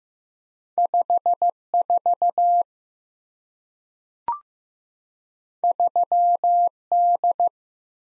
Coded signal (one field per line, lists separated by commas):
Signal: Morse code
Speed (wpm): 15 wpm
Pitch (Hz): 700 Hz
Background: none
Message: 5 4 3 D